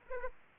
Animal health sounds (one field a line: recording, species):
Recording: mosquito wingbeat signal from an infrared sensor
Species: Anopheles arabiensis